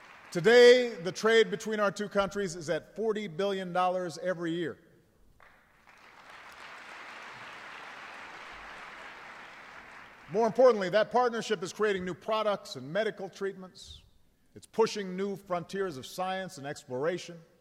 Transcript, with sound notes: Today the trade between our two countries is at $40 billion every year. (Applause.) More importantly, that partnership is creating new products and medical treatments; it’s pushing new frontiers of science and exploration.